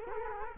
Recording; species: mosquito wingbeat signal from an infrared sensor; Culex quinquefasciatus